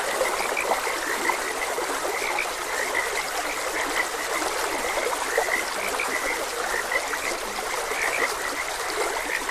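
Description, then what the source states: Frog croaks, short and high, repeat unevenly throughout while a gentle stream gurgles and trickles underneath. Frogs croaking beside a gentle stream.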